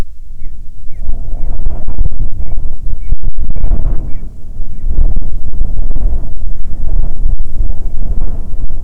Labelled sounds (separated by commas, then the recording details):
bird, wind
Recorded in the Arctic National Wildlife Refuge, Alaska, on 9 July 2019 at 21:42
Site 48